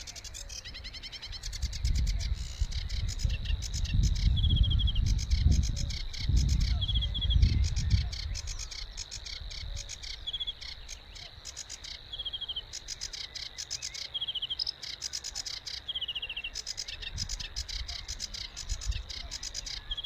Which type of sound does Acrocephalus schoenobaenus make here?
song